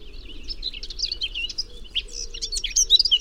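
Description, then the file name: Eurasian blackcap pouring out a continuous, rapid twittering warble that grows louder, ending in a few bright whistled notes. "Sylvia atricapilla"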